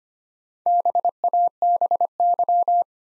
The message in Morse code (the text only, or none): BABY